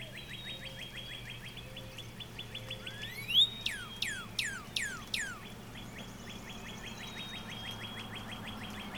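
Northern Cardinal song, one rising slurred whistle followed by five quick falling notes, with another bird's dry rapid trill running throughout and a low hum.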